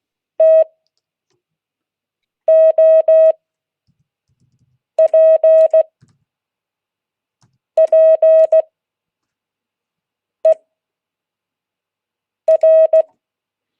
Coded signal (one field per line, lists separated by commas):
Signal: Morse code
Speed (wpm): 16 wpm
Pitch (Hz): 640 Hz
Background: none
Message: TOPPER